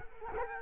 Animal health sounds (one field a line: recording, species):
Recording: mosquito wingbeat signal from an infrared sensor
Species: Culex quinquefasciatus